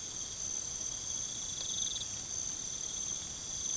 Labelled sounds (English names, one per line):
none